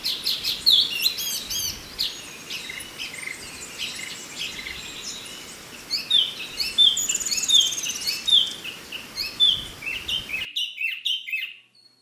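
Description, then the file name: Chinese hwamei singing a loud, varied medley of clear whistles, downslurred notes and rapid repeated phrases, ending with a short burst before silence. "suara alam hwamei"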